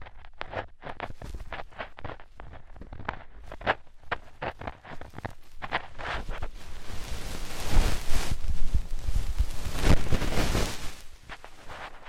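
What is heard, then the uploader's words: Deep ear cleaning: for the first six seconds there are separate scratchy crackles and rubs, several a second at an uneven pace. After that the rubbing turns into a thicker, louder, continuous rustling and scraping, strongest around eight to eleven seconds, then easing slightly. ASMR INTENSE Deep Ear Cleaning (No Talking).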